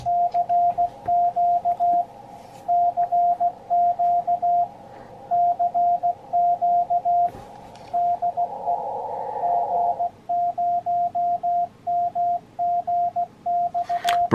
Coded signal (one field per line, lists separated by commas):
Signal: Morse code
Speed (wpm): 16 wpm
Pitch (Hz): 700 Hz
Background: radio noise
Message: CQ CQ CQ DE G0MGX